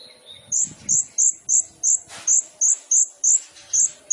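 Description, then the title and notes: Sunbird calls: thin high chips repeated about three times a second in a steady series. Indonesian masteran training recording for songbirds; song with fills (isian) and shots (tembakan), described as gacor and suited as a lure (pancingan). "MASTERAN KOLIBRI NINJA FULL ISIAN DAN TEMBAKAN COCOK BUAT PANCINGAN. Suara Burung Kolibri Ninja Gacor"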